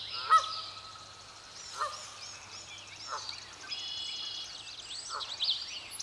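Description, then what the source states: Goose gives one sharp honk early, followed by softer nasal calls, amid varied chattering and whistling songbirds. Recorded 30 May 2016, with the goose prominent.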